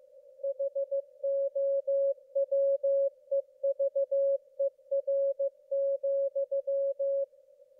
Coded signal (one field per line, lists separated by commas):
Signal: Morse code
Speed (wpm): 15 wpm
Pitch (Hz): 550 Hz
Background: none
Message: HOWEVER,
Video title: 2024-05-30 22:57 ET = W1AW CW broadcast (partial)